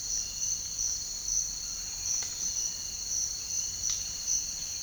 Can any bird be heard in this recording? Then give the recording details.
no. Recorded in dense forest near Puerto Asís, Putumayo, Colombia, on 21 March 2025 at 06:30. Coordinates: 0.484, -76.317. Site G064